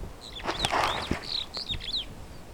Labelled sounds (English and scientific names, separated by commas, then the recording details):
Superb Starling (Lamprotornis superbus) flight call
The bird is a female
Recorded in Kenya on 12 June 2010
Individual 85, of group SRB1